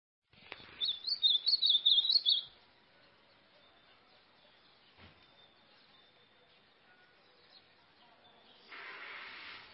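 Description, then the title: White-throated seedeater song: a brisk, high, jumpy series of chirped notes for under two seconds, followed by a long pause and a burst of rushing noise. "Canto Do Golinha"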